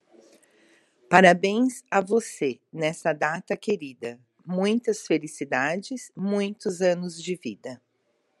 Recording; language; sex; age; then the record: short text; Brazilian Portuguese; female; 50 to 59 years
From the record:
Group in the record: control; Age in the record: 58 years